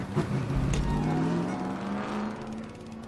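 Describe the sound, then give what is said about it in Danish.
A low, steady tractor engine drone rumbles throughout, its pitch rising slightly as the tractor drives along, with a few brief clunks early on. “Der er en, der kører den vej.”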